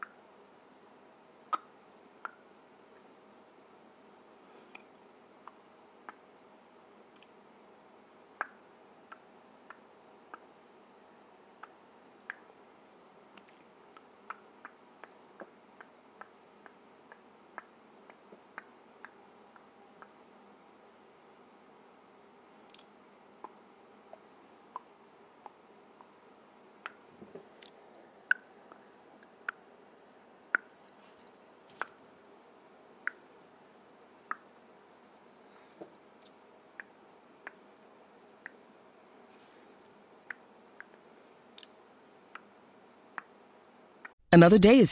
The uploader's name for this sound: Clicking my Tongue